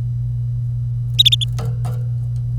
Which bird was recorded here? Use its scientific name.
Serinus canaria